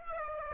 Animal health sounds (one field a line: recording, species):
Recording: mosquito wingbeat signal from an infrared sensor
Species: Aedes aegypti